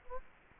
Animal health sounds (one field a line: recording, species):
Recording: mosquito wingbeat signal from an infrared sensor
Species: Culex quinquefasciatus